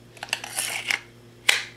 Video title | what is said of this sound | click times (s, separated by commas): SOG Seal PUP Elite “Tactical Blade & First Impressions" | You hear the snap. | 1.5 s